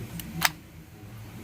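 A new clock spring behind the steering wheel of a Hyundai Accent is pushed onto the steering column, which it can only go onto one way. A faint tick at 0.2 s is followed by a sharp click at 0.5 s over a low background hum. The clock spring is seated and locked in place.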